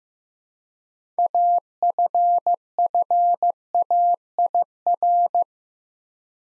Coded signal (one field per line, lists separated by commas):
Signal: Morse code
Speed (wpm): 15 wpm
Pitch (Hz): 700 Hz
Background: none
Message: AFFAIR